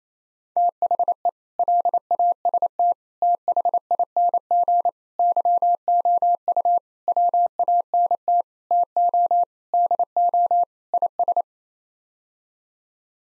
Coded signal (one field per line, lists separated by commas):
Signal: Morse code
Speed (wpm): 28 wpm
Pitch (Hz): 700 Hz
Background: none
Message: THE LAST THING YOU WANT TO DO IS